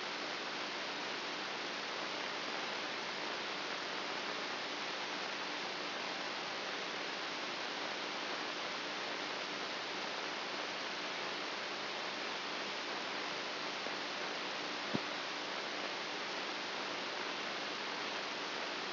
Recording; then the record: brain microelectrode recording played as sound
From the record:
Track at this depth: inside the subthalamic nucleus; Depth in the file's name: 4.64 mm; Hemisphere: right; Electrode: 2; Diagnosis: Parkinson's disease